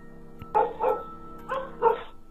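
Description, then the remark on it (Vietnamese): Dogs bark loudly in a village neighborhood in two quick pairs, four sharp mid-pitched woofs in all, over a faint steady background hum with no voices. “Tiếng chó sủa inh ỏi trong xóm.”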